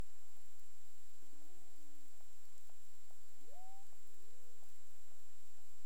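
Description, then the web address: Cetacean vocal sounds: short sweeping upcalls and arched low moans, scattered faint clicks, over a continuous thin electronic whine. Recorded near Bermuda on 17 April 2021 at 23:59, labelled as clicks. "CARIMAM. BERMUDE 20211704 23 h 59 clic"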